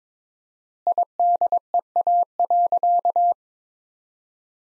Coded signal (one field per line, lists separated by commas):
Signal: Morse code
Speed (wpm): 22 wpm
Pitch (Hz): 700 Hz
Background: none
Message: IDEA.